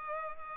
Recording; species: mosquito wingbeat signal from an infrared sensor; Culex pipiens